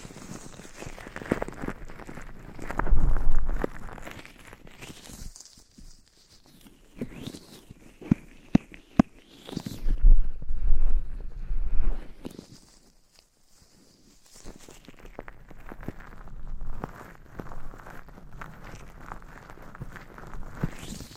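Scratching and brushing against a microphone, in uneven bursts of rough, rustling texture. Louder passes come around 3 seconds, between 10 and 12 seconds, and near the end, with a few sharp taps near 8–9 seconds and quieter gaps between strokes.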